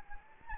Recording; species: mosquito wingbeat signal from an infrared sensor; Anopheles gambiae